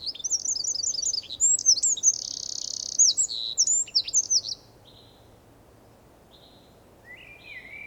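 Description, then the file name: Eurasian wren song: a loud, rapid, high-pitched run of trills and sharp notes lasting about four and a half seconds, then a few faint high notes and a short lower whistle. "Troglodytes troglodytes"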